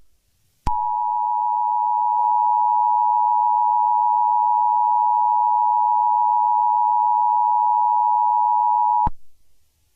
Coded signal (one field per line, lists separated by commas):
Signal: Emergency Alert System (SAME) tones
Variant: 853 and 960 Hz attention tone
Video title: The new emergency alert system voice test